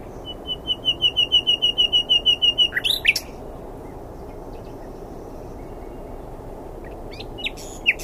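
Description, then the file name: Common nightingale song: a long steady series of many identical piping notes ending in harsh clicks, then sparse faint chips. "Luscinia megarhynchos"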